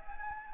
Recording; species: mosquito wingbeat signal from an infrared sensor; Anopheles gambiae